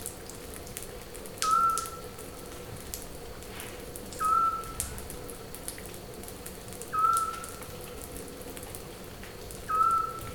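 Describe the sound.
Scops owl giving single soft whistled hoots, four in total, evenly spaced roughly every two to three seconds, with light clicking and steady background hiss.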